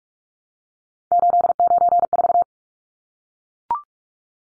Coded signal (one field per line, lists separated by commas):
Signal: Morse code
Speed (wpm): 44 wpm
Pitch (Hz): 700 Hz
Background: none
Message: 894